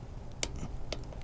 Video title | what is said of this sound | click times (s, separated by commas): Harley Davidson Stage 1 Screamin' Eagle Performance Rail Air Cleaner Kit Install | click so that one's good alright | 0.4 s